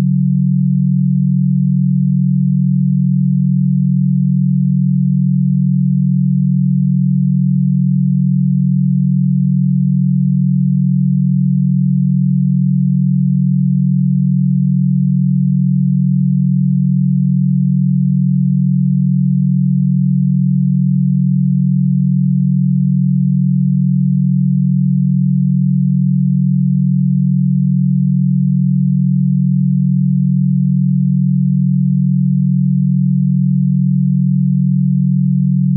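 A binaural beat of 42.31 Hz: one steady, low pure tone that holds unchanged for the whole stretch. Nothing brighter sits above it, and there are no events, pauses or background sounds, just a constant, even hum at the same level throughout.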